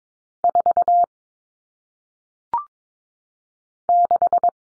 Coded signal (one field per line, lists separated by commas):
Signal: Morse code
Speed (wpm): 22 wpm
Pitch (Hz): 700 Hz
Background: none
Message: 4 6